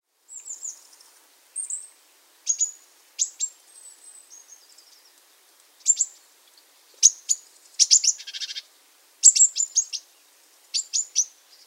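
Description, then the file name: Eurasian blue tit calling: a series of very high, thin, sharp notes, some in quick clusters, with a brief buzzy churring burst. "Cyanistes caeruleus"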